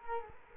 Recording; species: mosquito wingbeat signal from an infrared sensor; Culex quinquefasciatus